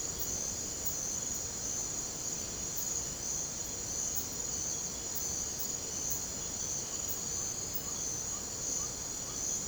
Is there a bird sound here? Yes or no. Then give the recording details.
yes. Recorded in secondary vegetation near Puerto Asís, Putumayo, Colombia, on 18 December 2024 at 00:00. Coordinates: 0.489, -76.322. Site G059